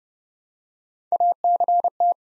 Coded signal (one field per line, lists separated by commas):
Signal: Morse code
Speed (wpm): 30 wpm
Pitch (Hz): 700 Hz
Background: none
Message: ACT